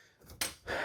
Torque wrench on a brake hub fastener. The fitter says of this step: I heard it click. It's good enough, right?